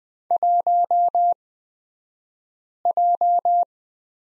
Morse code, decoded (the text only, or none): 1J